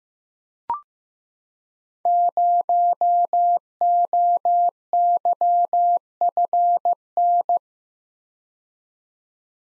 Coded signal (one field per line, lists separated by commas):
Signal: Morse code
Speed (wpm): 15 wpm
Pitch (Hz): 700 Hz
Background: none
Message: 0OYFN